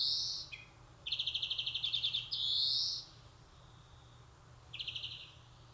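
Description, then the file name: European greenfinch giving a buzzy note and a short lower note, then a pulsed buzzy trill and a drawn-out rising wheeze, with a brief buzzy trill after a pause. "Chloris chloris"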